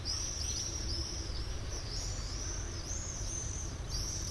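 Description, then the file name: Common swift screaming, high shrill sweeping notes almost continuously, over a low rumbling background noise. "Mauersegler"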